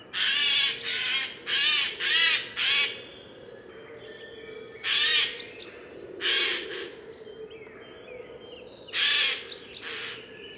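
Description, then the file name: Eurasian jay producing a series of raspy, harsh screeches, five in quick succession, then scattered single calls with longer pauses between. "Garrulus glandarius"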